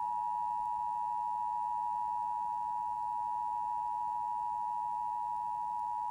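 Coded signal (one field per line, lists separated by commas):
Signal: Emergency Alert System (SAME) tones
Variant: 853 and 960 Hz attention tone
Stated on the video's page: Mock alert presented as an NOAA Weather Radio relay, played from VHS tape with deliberate tracking glitches and static.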